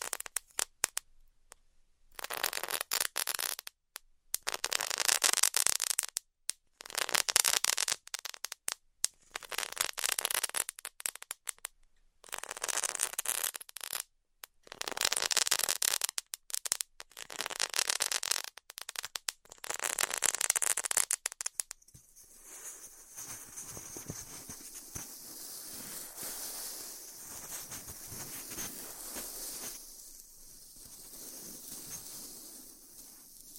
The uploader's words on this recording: ASMR Styrofoam Heat Cutting (No Talking).